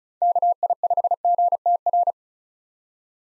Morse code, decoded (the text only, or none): KI5GTR